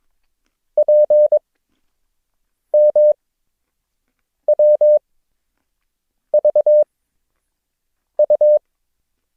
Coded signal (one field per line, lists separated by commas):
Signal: Morse code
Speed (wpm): 22 wpm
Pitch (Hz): 600 Hz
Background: none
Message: PMWVU